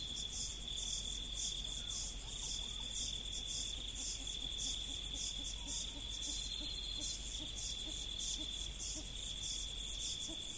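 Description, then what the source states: Insects chirping together in a continuous high trill with a rhythmic pulsing layer above, steady for the whole stretch. In prairie.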